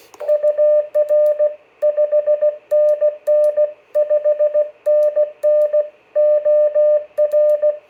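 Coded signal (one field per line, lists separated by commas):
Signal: Morse code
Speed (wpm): 16 wpm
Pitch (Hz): 600 Hz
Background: none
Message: UR 5NN 5NN OR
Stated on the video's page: CW QSO test on an Icom IC-706 fitted with an optional FL-100 filter.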